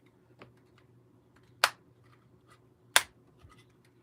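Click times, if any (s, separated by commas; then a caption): 1.6 s, 3.0 s. Two plastic parts of a scale model are pushed into place on the assembly, giving two sharp snaps at 1.6 s and 3.0 s over a faint low hum and light handling noise. Both parts snap in and are seated.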